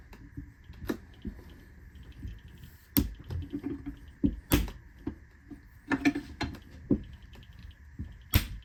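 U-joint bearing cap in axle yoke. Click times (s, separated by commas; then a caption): 3.0 s. The bearing caps of a new axle u-joint on a Ford Excursion/Super Duty are pressed into the yoke, and the outer plastic ring snaps into place with a sharp click at 3.0 s. Further sharp knocks follow around 4.5, 6.0 and 8.3 s over a steady background hum, and the cap ends up seated.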